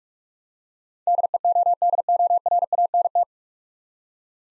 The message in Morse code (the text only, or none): DEODORANT